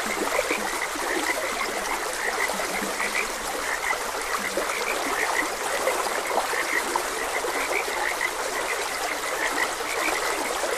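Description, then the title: Frog chorus of repeated short croaks, overlapping continuously, accompanied by constant stream noise. Frogs croaking beside a gentle stream. "Gentle Stream and Frogs Croaking"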